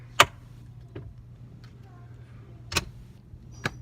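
A small plastic clip holding the glove box damper arm on a Honda CR-V is pressed up to re-engage it after the glove box is refitted. It snaps back on with a very loud, sharp click at 0.2 s. Softer ticks and handling sounds follow over a low steady hum.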